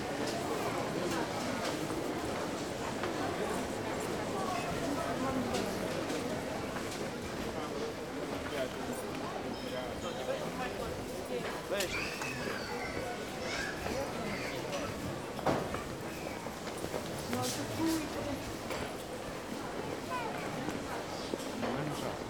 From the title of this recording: The Marketplace